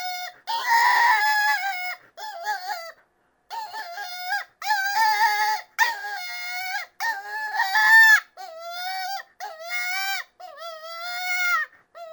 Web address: Rabbit -Cottontail. Distress